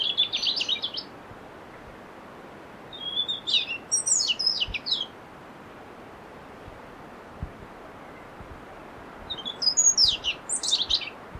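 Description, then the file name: European robin produces three separate high, thin warbling phrases with silent gaps between them, against faint steady noise. "Erithacus rubecula"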